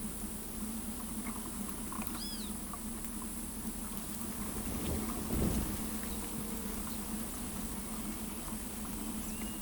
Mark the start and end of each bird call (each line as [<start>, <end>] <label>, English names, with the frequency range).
[2.17, 2.48] Great Kiskadee (2.2-6.7 kHz)